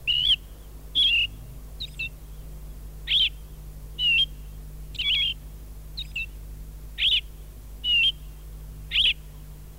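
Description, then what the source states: Austral thrush delivering a series of short whistled phrases, with a low constant hum underneath. Recorded in Laguna Blanca National Park.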